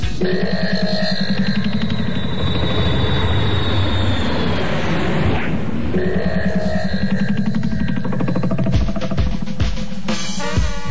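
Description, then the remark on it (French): A loud, continuous roar from a Concorde jet airplane with a high whining engine tone that sweeps and swells, then breaks into a burst of rattling, rhythmic thuds toward the end. “Il est vraiment rapide ce nouvel avion. Même pas le temps de décoller.”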